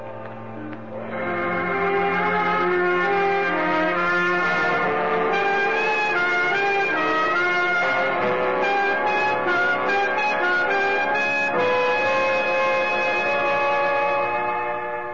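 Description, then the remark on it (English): Several foghorns blare in a harbor in light fog, long sustained tones overlapping at different pitches, steady and loud for the whole stretch, with no voices. “And the foghorns were calling nervously to one another.”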